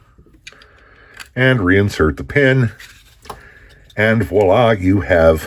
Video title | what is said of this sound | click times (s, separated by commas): The SIG Sauer P365 and Wilson Combat Grip | pop the back down until it clicks | 0.5 s